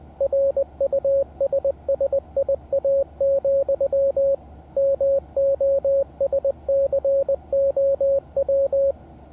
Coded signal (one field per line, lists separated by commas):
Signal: Morse code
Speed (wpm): 20 wpm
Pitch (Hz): 550 Hz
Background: radio noise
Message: RUSSIA, MOSCOW